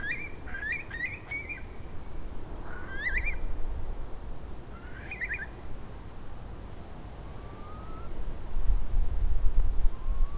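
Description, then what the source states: Eurasian curlew giving warbling, bubbling notes in quick bursts, then two slow, thin rising whistles later on, with low wind rumble underneath. Recorded in the Yorkshire Dales.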